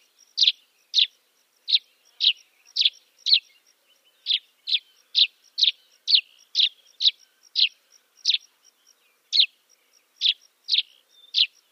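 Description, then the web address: Dead Sea sparrow giving a long, irregularly paced series of many high, clipped chirps over a faint steady high ticking. "Schulze Peter Dead Sea Sparrow song"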